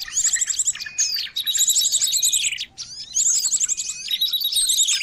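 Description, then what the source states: Bird chorus of rapid high trills and chirps in loud bursts, broken by brief quieter gaps. Noisy bird calls used to lure birds.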